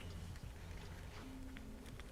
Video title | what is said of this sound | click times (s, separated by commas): Deals with David | all right clicks into place say that | 1.6 s, 2.0 s